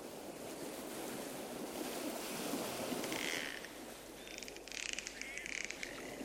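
Dolphin sounds emerge from heavy rushing underwater noise: bursts of pulsed, squeaky calls with brief whistles and rapid click trains in the second half.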